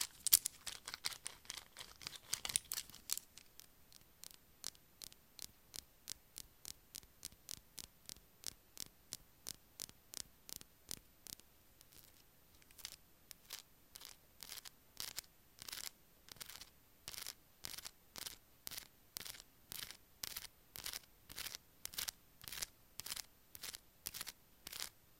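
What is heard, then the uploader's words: Brushes sweep over a squishy octopus and mermaid in quick, crisp strokes. A dense flurry in the first three seconds settles into a steady rhythm of about two bright, scratchy swipes per second, with a faint constant hum underneath. Relax with squishy octopus and mermaid brushes...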